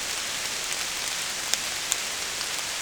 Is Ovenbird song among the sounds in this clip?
no